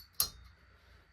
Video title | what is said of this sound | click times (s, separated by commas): Triumph Sprint 955i RS forks and neutral indicator lamp | snappy snap snap great that holds the ceiling | 0.2 s